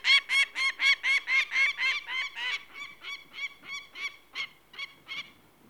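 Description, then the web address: Peregrine falcon calls: harsh, rasping kek notes repeated about four times a second, loud at first and then fading in strength. "The BBC Sound Effects Library. Peregrine Falcon"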